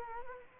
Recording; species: mosquito wingbeat signal from an infrared sensor; Culex quinquefasciatus